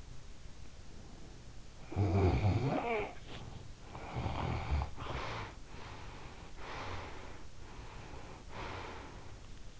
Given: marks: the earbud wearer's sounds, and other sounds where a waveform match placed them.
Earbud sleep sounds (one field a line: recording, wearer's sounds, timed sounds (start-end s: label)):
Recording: sounds in sleep by an in-ear microphone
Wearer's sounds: snoring breath, breath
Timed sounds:
1.66-5.75 s: snoring breath
5.75-9.80 s: breath